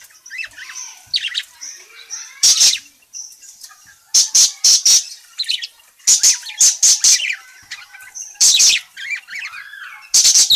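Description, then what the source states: Parakeet calls: clusters of piercing, high chirps repeated in groups, separated by softer twittering and short gaps. Bird calling, described as gacor (very vocal, chatty).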